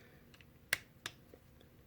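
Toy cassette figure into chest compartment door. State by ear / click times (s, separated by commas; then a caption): partly seated / 0.7 s. A small cassette-style toy figure is inserted into the chest compartment of a larger plastic robot toy, and the compartment door is closed. A sharp, bright click at 0.7 s marks the door locking, followed by a second softer click around 1.1 s and a few faint ticks. The door locks in place but does not shut completely, and its button does not stick up all the way.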